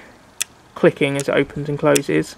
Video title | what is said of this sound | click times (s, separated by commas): Underlever Air Rifle Loading Mechanisms - Air Armoury | a nice metal lever it's very smooth and you might be had to hear it clicking | 0.4 s